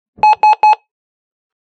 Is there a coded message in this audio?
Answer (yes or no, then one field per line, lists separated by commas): no